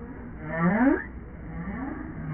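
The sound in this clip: Whale moan, a low tonal call with rich harmonics that swoops upward, breaks off, then resumes as a softer wavering tone.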